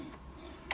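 The top cable plug of an Awron DGA dash display in a BMW F3X-series car is pushed into its socket in the dash. A low, steady background hum runs until a single sharp click at 0.7 s, when the plug seats.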